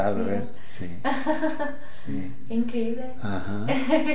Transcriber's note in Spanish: risas